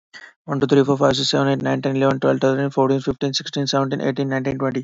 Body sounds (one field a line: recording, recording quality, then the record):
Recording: counting at a fast pace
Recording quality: excellent, no background noise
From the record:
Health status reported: healthy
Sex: male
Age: 23 years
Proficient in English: yes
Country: India